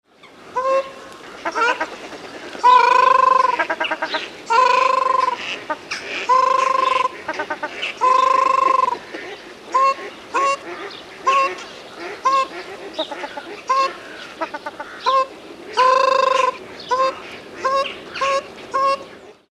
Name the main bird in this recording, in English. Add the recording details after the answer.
Ruddy Shelduck. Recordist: Tembrock, Günter. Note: Rufe eines Paares